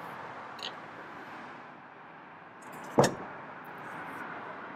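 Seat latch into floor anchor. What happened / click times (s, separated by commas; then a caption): The folded seat latched into its floor anchor / 3.0 s. The folded second-row seat of a 2020 or 2021 Lexus LX is pushed down onto its floor anchors over a steady low background hum, with a faint tick at 0.7 s. The latch clicks sharply into the floor anchor at 3.0 s, and the seat is seated.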